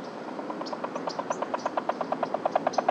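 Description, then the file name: Columbia spotted frog calls in a quick, rhythmic string of soft knocks that build in loudness, with a few faint high chirps. "rluteiventris"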